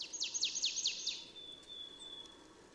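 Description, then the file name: Marsh tit: a rapid string of sharp descending chips running into a thin, sustained high whistle, against a noisy background. "Poecile palustris"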